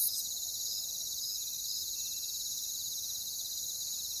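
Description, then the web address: Cricket chorus of steady, shrill high-pitched trilling that runs without pause across the whole stretch. "Echoes of Nature - Jungle Talk. Crickets"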